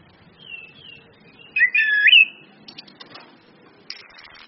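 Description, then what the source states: Orange-headed thrush whistled phrase: faint sliding whistles, then a loud looping warble lasting about a second, followed by a few scratchy notes over a low background hiss. Indonesian bird-training lure (pancingan, masteran) of Orange-headed thrush in the open ngeplong song style, with female whistles (suitan betina) used to make birds sing persistently (gacor).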